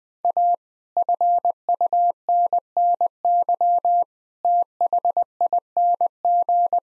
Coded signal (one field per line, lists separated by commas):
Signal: Morse code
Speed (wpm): 21 wpm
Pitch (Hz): 700 Hz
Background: none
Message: A FUNNY THING